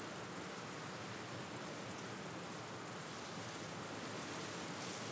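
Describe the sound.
Cricket giving shrill, rapid pulsed chirps in groups, with a longer gap after three seconds before a final burst; faint hiss underneath.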